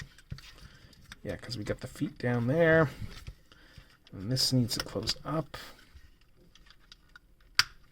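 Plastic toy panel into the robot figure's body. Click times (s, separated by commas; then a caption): 7.6 s. Someone talks while handling a transforming robot toy, with faint plastic clicks, then pushes a plastic panel shut into the robot figure's body. A loud, sharp snap at 7.6 s marks the panel seating fully closed, since it had not been quite closed before.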